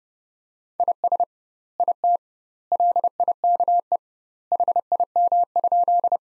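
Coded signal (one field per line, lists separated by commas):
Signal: Morse code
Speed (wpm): 30 wpm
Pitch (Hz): 700 Hz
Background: none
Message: IS IT LIKE HIM?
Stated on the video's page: Morse practice sentences from the top 100 words at 30 wpm with 2x word-spacing, a Farnsworth-like approach.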